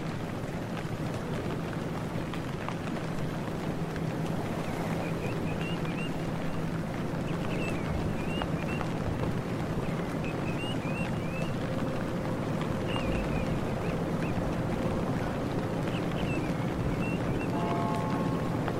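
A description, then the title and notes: Rain falls in a thick, unbroken hiss that stays level for the whole stretch, with a low steady hum running underneath. Short high chirps repeat through the middle, and a few brief tones show up near the end. Peaceful Rain Sound, Rain Ambience. Rain soundscapes.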